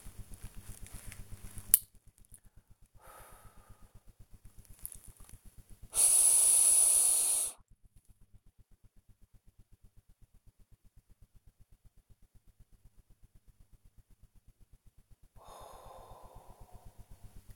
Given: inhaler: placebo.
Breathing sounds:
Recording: one use of a dry powder inhaler by a smartwatch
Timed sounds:
0.59-2.04 s: inhaler activation
2.93-4.17 s: exhalation
5.85-7.66 s: inhalation
15.33-17.46 s: exhalation

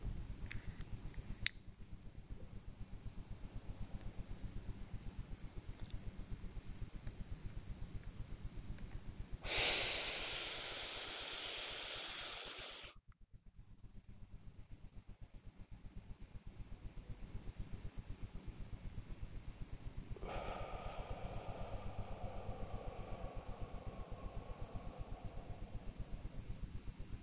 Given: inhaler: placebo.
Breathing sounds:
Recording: one use of a dry powder inhaler by a smartwatch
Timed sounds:
0.34-1.77 s: inhaler activation
2.54-4.99 s: exhalation
9.34-13.15 s: inhalation
20.05-26.55 s: exhalation

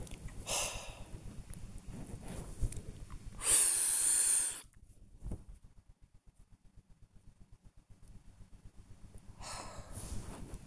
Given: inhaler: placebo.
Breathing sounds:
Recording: one use of a dry powder inhaler by a smartwatch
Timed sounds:
0.36-1.13 s: exhalation
3.29-4.69 s: inhalation
9.34-10.45 s: exhalation

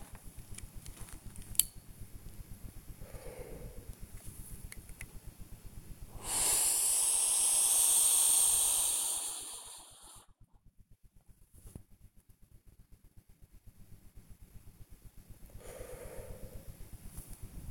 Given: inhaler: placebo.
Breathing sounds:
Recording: one use of a dry powder inhaler by a smartwatch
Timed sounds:
0.66-1.93 s: inhaler activation
2.95-4.15 s: exhalation
6.05-10.39 s: inhalation
15.49-17.05 s: exhalation

